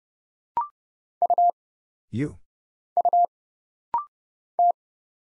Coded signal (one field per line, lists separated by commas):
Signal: Morse code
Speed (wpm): 30 wpm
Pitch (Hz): 700 Hz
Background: none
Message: U U T